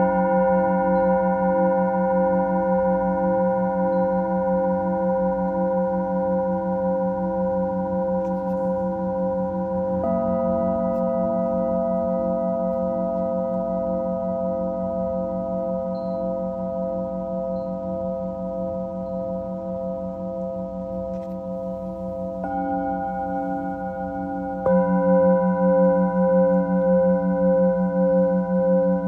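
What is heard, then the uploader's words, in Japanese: Singing bowls ring in a continuous, layered drone of steady pitched tones with a slow wavering pulse. New bowl tones join around 10 seconds and again near 22 and 25 seconds, shifting the blend, and the sound swells slightly louder toward the end. メキシコから シンギングボウルのサウンドヒーリング ライブ。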